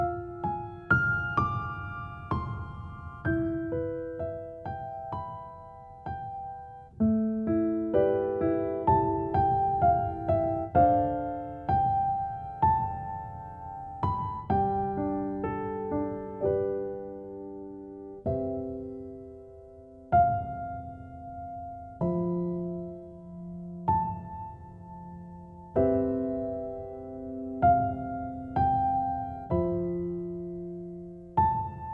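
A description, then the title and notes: Slow, gentle music of struck notes that ring out and fade, moving in an unhurried melody through low and middle pitches. Notes fall at a calm, fairly even pace, thinning briefly near twenty seconds, with a soft low rumbling wash beneath the first half. Relaxing music and wave sound ,sleeping music.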